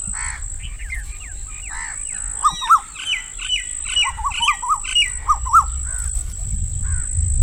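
Birds calling, a rapid jumble of short chirps and squawks tumbling over one another, with a low rumbling background throughout.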